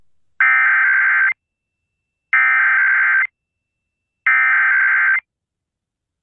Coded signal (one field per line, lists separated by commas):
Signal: Emergency Alert System (SAME) tones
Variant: header bursts